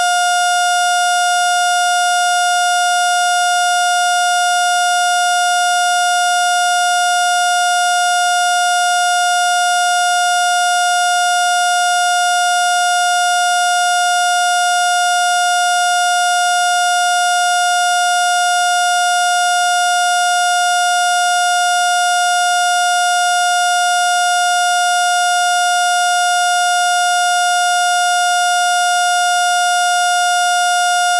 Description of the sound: Steady heart monitor to flatline.